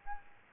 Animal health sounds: mosquito wingbeat signal from an infrared sensor; Aedes albopictus

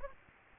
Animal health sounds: mosquito wingbeat signal from an infrared sensor; Aedes aegypti

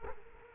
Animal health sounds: mosquito wingbeat signal from an infrared sensor; Culex quinquefasciatus

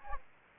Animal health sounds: mosquito wingbeat signal from an infrared sensor; Anopheles gambiae

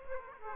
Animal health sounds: mosquito wingbeat signal from an infrared sensor; Aedes aegypti

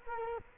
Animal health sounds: mosquito wingbeat signal from an infrared sensor; Culex quinquefasciatus

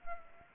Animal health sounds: mosquito wingbeat signal from an infrared sensor; Anopheles arabiensis

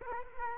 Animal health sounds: mosquito wingbeat signal from an infrared sensor; Culex quinquefasciatus

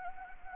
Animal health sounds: mosquito wingbeat signal from an infrared sensor; Anopheles gambiae

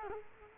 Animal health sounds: mosquito wingbeat signal from an infrared sensor; Culex quinquefasciatus

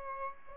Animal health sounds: mosquito wingbeat signal from an infrared sensor; Aedes albopictus

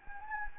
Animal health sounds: mosquito wingbeat signal from an infrared sensor; Anopheles gambiae

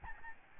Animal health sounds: mosquito wingbeat signal from an infrared sensor; Aedes albopictus

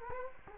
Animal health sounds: mosquito wingbeat signal from an infrared sensor; Culex quinquefasciatus

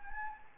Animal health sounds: mosquito wingbeat signal from an infrared sensor; Anopheles gambiae

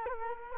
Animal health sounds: mosquito wingbeat signal from an infrared sensor; Culex quinquefasciatus

